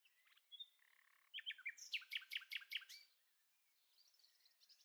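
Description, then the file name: Common nightingale singing: a varied phrase of short high notes, then a fast run of several sharp, ringing notes, followed by faint high twitters. "Rossignol-philomèle"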